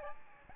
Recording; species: mosquito wingbeat signal from an infrared sensor; Aedes albopictus